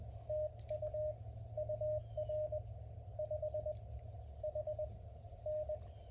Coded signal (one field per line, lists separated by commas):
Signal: Morse code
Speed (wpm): 22 wpm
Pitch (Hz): 610 Hz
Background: none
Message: TU UR 5 H N